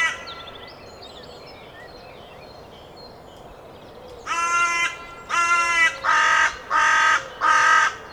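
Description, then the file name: Carrion crow calling after a quiet start with faint bird chatter: five hoarse caws in a steady series, the first two more nasal and ringing. "Corvus corone"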